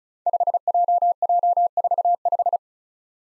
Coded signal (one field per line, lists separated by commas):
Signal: Morse code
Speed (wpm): 36 wpm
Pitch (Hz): 700 Hz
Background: none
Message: 5JJ45